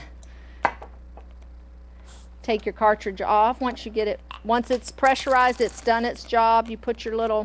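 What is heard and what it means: After the cream charger cartridge is removed from the pressurized whipped cream dispenser, a plastic decorating nozzle is being handled to fit onto the dispenser head. A few short, sharp hits sound in the first second and a half, the loudest near 0.7 s, over a steady low hum, and then someone talks. The nozzle has not yet seated or clicked into place by the end of the clip.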